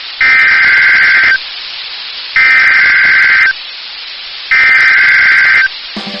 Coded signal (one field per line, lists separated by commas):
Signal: Emergency Alert System (SAME) tones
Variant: header bursts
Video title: Tornado warning￼ for North Carolina￼. (Eas #15)